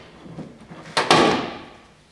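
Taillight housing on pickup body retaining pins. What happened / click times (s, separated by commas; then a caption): The housing snapped off its retaining pins / 1.1 s. A taillight housing on a 2009 Silverado 2500HD pickup is pulled off its two side retaining pins on the truck body. After a quiet stretch of low rustling and a brief knock near 1.0 s, a sharp, loud snap at 1.1 s marks the housing popping out of the pins, then it fades away over the next second. The taillight is released.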